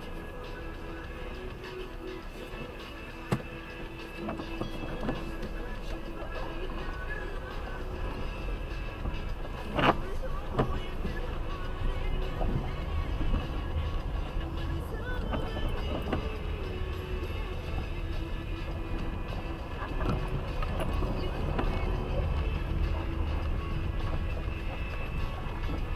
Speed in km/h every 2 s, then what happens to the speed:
0, 1, 1, 5, 7, 8, 10, 12, 14, 12, 13, 21, 21.
0-5 standing. 5-13 pulls away to 12. 13-20 steady at about 12. 20-22 speeds up to 21.